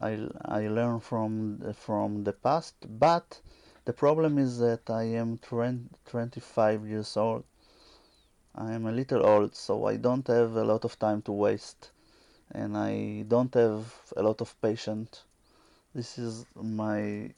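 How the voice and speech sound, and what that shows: Speech of a 25-year-old man from Israel who stutters very severely, with very severe blocks. Heard are word and part-word repetitions, stretched sounds and hesitant pauses. He has had fluency shaping and stuttering modification therapy.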